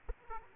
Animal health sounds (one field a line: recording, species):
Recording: mosquito wingbeat signal from an infrared sensor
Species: Aedes aegypti